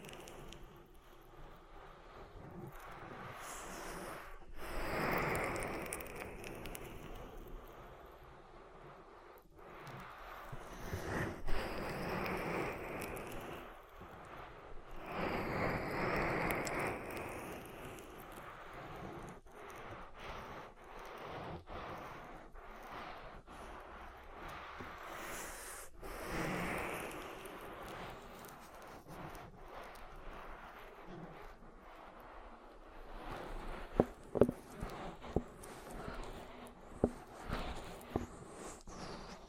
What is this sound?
Oil Ear Massage